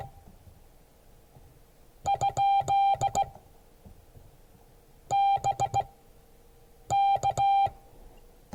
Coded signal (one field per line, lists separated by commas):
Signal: Morse code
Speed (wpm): 18 wpm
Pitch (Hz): 790 Hz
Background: none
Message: ? BK